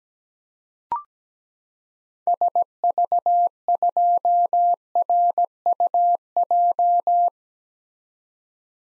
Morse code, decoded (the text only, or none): SV2RUJ